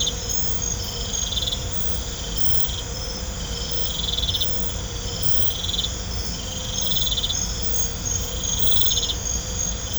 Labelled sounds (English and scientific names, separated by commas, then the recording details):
none
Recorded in pastures near Puerto Asís, Putumayo, Colombia, on 20 December 2024 at 00:00
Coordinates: 0.502, -76.324
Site G077